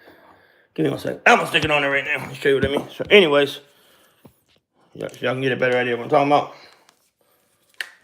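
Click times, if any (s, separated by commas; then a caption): 7.8 s. Someone talks for most of the clip, and then a metal socket or attachment is pushed onto a hand tool drive. It snaps home with a loud, sharp hit at 7.8 seconds, popping into place and seated.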